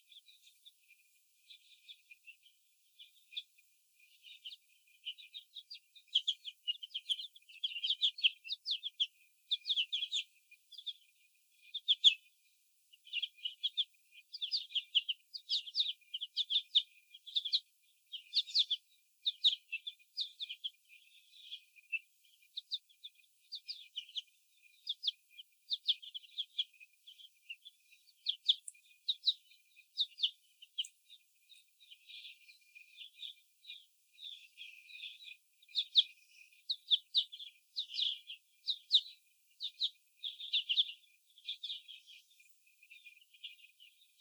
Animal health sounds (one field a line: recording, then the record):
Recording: young laying hens in a cage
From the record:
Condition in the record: after the stressor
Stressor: sudden umbrella opening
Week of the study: 2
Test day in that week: 1